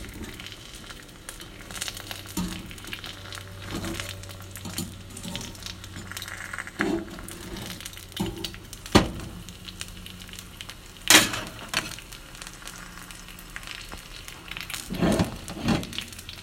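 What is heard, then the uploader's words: A sunny-side-up egg fries with a steady, fine crackle and hiss running throughout. Low clatters and knocks from the pan or utensils come every few seconds, with a sharp bright click around eleven seconds and a louder scraping burst near fifteen seconds. Frying a Sunny-side-up Egg.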